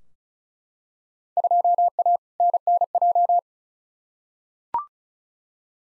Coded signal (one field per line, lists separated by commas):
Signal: Morse code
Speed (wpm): 36 wpm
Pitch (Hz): 700 Hz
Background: none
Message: 2A NNJ